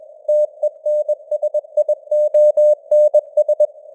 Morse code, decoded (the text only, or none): TENSIONS